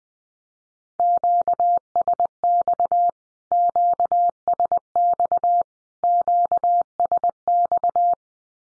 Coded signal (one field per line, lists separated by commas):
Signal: Morse code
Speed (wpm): 20 wpm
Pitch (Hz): 700 Hz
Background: none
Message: QSX QSX QSX